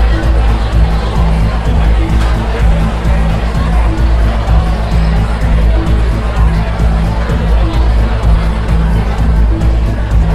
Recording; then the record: background sound without coughing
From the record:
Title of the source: Party Noise 1 Hour Party Ambience